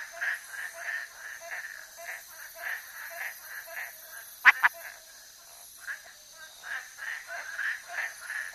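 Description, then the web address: Frog giving rapid nasal notes repeated steadily, with a quick double click in the middle and constant high insect buzzing in the background. Frog of the Ecuadorian Amazon, South America. "Natures Songs. Frogs of Ecuadorian Amazon Hyla calcarata"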